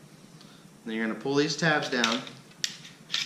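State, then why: Released. Someone talks while pulling down the takedown tabs on both sides of the polymer frame of a Glock 22 Gen 4 pistol, with the steel slide held slightly back. A sharp metallic snap comes at 2.6 s and another at 3.1 s as the slide releases and comes off the frame.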